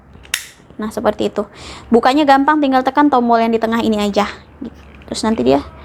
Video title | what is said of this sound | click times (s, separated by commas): Rekomendasi High Chair - Unboxing & Review - Baby Safe | kemudian kita tekan Sampai bunyi klik gitu nah | 0.3 s